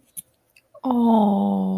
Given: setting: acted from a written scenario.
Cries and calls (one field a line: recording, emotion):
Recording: vocal sound without words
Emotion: adoration